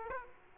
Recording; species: mosquito wingbeat signal from an infrared sensor; Aedes aegypti